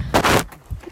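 A horse coughs, bringing up mucus with the cough, which makes it sound bad, just after spitting out some grass; not serious.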